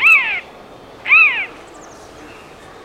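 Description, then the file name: Eurasian jay calls: two loud, arched, slightly downslurred harmonic notes about one second apart, each lasting under half a second, with faint high chirps in the background. "Garrulus glandarius"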